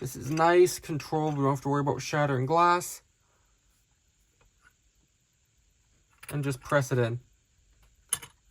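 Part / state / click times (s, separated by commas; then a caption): snap-on case back onto a wristwatch case / seated / 8.1 s. A press tool pushes a metal snap-on case back onto a wristwatch case while someone talks. After a pause, a single sharp snap at 8.1 seconds marks the case back seating home.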